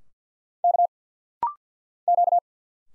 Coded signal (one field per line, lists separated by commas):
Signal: Morse code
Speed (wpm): 50 wpm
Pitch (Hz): 700 Hz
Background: none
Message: K Q